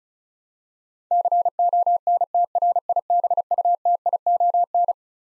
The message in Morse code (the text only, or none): CONTRIBUTION